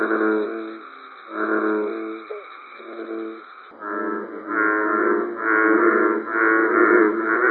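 American bullfrog calls: deep, harmonic, droning notes, separate at first, then running together and somewhat louder in the second half.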